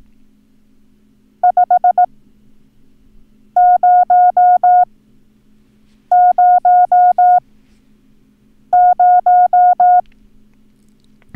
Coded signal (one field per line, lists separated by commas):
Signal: Morse code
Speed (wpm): 18 wpm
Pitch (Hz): 720 Hz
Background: none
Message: 5000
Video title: Learn Morse Code - Numbers - Lesson 2